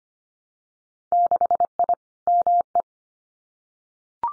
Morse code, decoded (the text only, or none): 6I ME